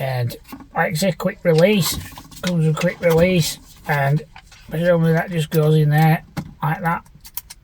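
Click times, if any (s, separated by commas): 7.4 s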